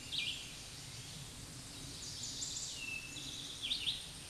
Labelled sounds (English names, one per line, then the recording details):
Chestnut-sided Warbler song
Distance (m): 35 m
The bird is about level with the microphone
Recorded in a Pennsylvania forest on 16 May 2024 at 07:05
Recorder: AudioMoth, point MSD-2391
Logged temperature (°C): 15.0 °C
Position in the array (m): 123 m, 5 m